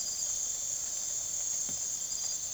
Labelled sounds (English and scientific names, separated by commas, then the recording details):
none
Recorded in secondary vegetation near Puerto Asís, Putumayo, Colombia, on 19 June 2025 at 03:30
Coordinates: 0.489, -76.322
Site G021